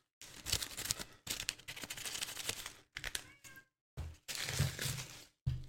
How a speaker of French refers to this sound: Faut que tu prennes le papier, tu t'en déchires un bout.